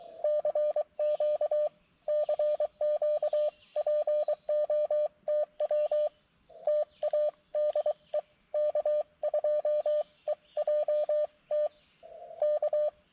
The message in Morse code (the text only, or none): CQ CQ POTW TA DE K2EJT K